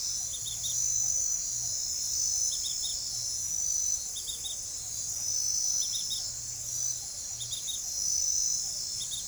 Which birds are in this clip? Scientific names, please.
none